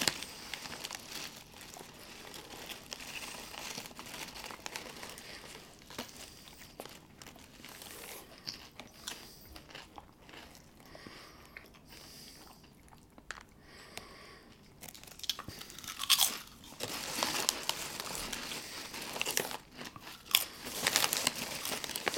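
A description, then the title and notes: Chips and soda: a bag crinkles and crumples almost constantly, with crisp bright crunches and chewing sounds scattered throughout. Activity is dense early, thins to a quieter stretch around the middle, then returns louder and busier with sharp crinkling bursts after about fifteen seconds. Chips & Soda.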